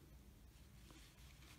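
A plastic washer back is being handled onto the shaft of a 14 mm safety eye set through a crocheted amigurumi piece, ready to be squeezed so it ratchets on. Only soft handling rustle and low background hum are heard. Nothing has seated or clicked yet.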